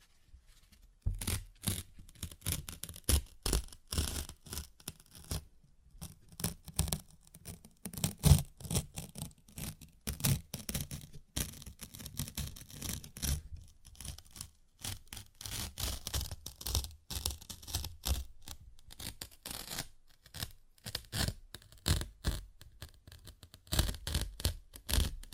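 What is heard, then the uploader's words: Paper is torn and ripped repeatedly, producing dense, crackling bursts that start about a second in and continue almost without pause to the end. The rips vary in length and loudness, with brief gaps between them and a dull low rustle underneath. ASMR Paper Ripping Tearing Sounds (No Talking).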